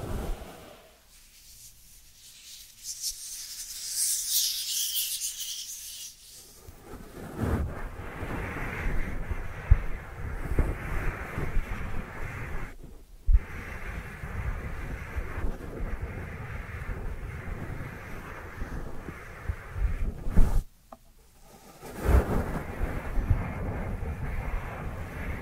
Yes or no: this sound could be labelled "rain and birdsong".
no